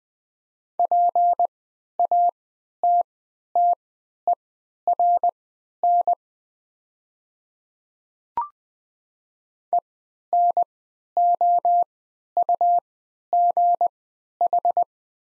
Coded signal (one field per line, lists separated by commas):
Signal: Morse code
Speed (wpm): 20 wpm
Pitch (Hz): 700 Hz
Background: none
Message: PATTERN ENOUGH